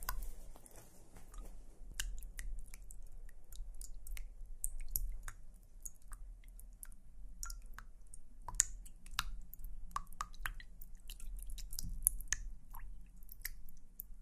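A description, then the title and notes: A bath bomb fizzes with a steady scatter of tiny crackles and pops, irregular and fairly dense for the whole fourteen seconds, some snapping brighter than others. A low, even hum runs underneath throughout, and the popping grows slightly busier in the second half. Bath bomb.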